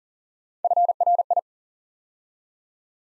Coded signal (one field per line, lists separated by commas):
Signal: Morse code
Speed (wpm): 39 wpm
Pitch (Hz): 700 Hz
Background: none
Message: FRI